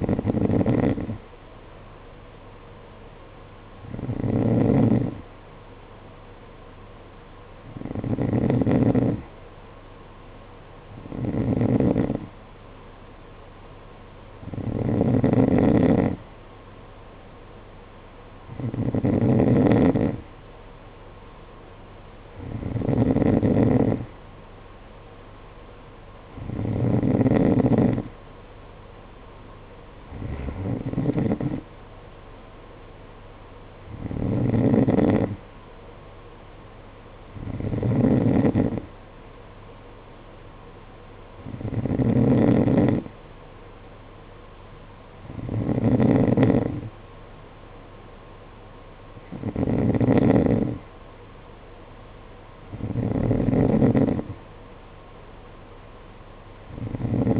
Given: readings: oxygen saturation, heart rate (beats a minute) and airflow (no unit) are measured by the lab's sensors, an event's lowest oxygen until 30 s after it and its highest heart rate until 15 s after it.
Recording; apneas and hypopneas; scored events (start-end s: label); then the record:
breathing in sleep by a voice recorder at the bedside; none
none scored
From the record:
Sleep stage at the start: N2 (light sleep); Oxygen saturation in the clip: 91 to 92%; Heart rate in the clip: 52 to 55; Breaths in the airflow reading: 15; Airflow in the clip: -6.8 to 5.8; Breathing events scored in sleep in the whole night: 476 in 9.7 hours asleep